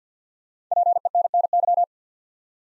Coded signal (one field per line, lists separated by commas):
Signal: Morse code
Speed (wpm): 48 wpm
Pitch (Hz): 700 Hz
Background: none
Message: PENNY